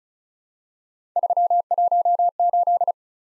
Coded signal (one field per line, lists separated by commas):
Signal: Morse code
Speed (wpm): 36 wpm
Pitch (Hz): 700 Hz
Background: none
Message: 318